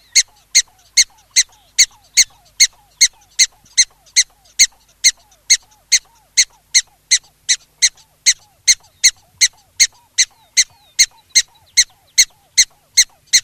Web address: black-tailed prairie dog